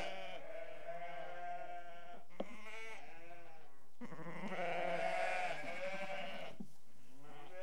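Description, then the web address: Sheep bleating, long overlapping wavering calls, with a brief knock early on. Restless sheep. "BBC Sound Effects Library BBC Animals and Birds Sheep Restless"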